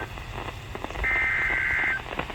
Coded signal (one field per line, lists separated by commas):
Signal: Emergency Alert System (SAME) tones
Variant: header bursts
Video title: KEY WEST'S TAKEOVER - EAS Alerts from 11/15/23 (New EAS 239-249)